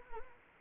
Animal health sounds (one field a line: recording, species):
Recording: mosquito wingbeat signal from an infrared sensor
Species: Anopheles arabiensis